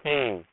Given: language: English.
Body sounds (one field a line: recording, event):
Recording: throat vibration sensor signal played as sound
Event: speech